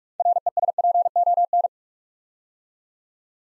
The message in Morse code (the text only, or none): RESPON